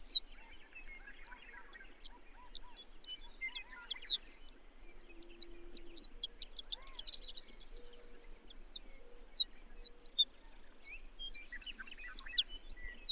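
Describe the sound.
High chirping bird song in irregular bursts of quick notes, with short trills, soft lower notes and quieter chattering between phrases.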